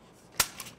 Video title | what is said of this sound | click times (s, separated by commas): Scale Computing's HC5000 Series - Rack & Rail Installation | Once we hear that click, we know it's secured. | 0.4 s